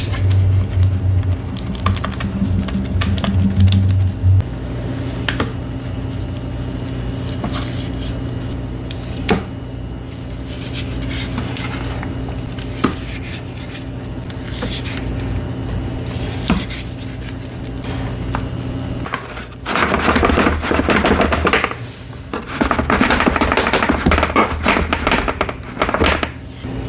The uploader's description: crushing black gym chalk blocks and reforms, plus the full reforming process, including paste mixing